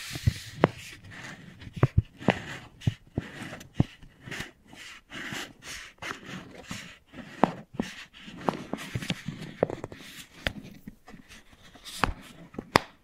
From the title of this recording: Wooden Ball Triggers